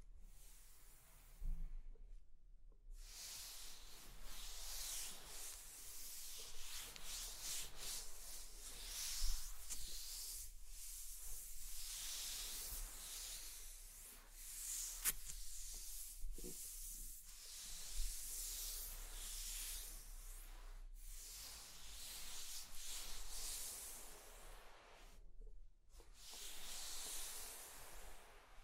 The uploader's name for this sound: Scratching and Tracing Sounds